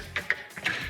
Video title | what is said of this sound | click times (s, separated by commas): $200 POWER BILL Down To $20 | you just line it up and you'll hear a little snap. | 0.3 s